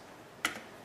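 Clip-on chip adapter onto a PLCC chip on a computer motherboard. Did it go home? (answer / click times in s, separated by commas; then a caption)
yes / 0.4 s. A ScanPlus clip-on adapter is pressed down over the custom Lisa (Alice) PLCC chip on an Amiga 1200 motherboard. A single sharp click rings out at 0.5 s against a quiet background, followed by a brief fading tail. The adapter snaps into place and is seated on the chip.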